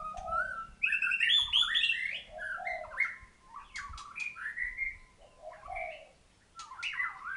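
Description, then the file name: White-rumped shama song with mellow fluty whistles, downslurred notes and interjected high clicks, delivered in varied phrases; a faint low hum in the first few seconds. Thailand. "suara murai thailand"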